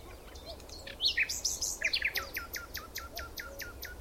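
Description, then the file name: Common nightingale singing a varied phrase of sharp chirps and buzzy notes, then a quick run of repeated downslurred whistles, over faint background hiss. "Luscinia megarhynchos"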